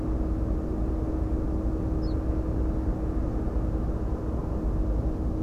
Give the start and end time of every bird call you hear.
2.01s-2.15s: Emberiza hortulana

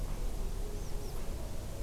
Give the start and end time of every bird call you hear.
0.75s-1.11s: Anthus trivialis

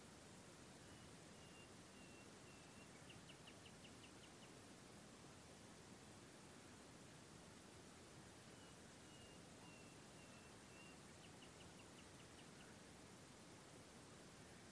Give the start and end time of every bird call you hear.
0.80s-4.50s: Luscinia megarhynchos
8.48s-12.65s: Luscinia megarhynchos

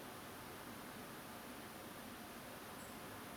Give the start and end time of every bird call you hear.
2.78s-2.87s: Turdus philomelos

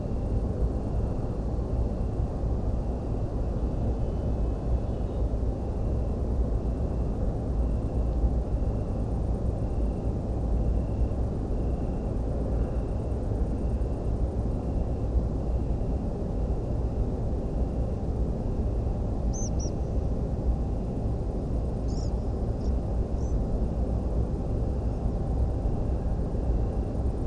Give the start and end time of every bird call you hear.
19.33s-19.70s: Anthus trivialis
21.88s-22.09s: Ficedula hypoleuca
22.60s-22.69s: Ficedula hypoleuca
23.18s-23.33s: Ficedula hypoleuca

